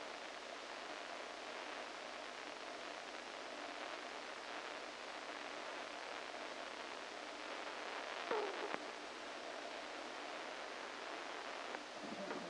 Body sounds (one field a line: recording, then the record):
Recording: brain microelectrode recording played as sound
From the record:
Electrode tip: inside the subthalamic nucleus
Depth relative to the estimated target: 2 mm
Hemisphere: right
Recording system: NeuroSet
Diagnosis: Parkinson's disease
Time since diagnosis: 14 years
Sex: male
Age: 51 years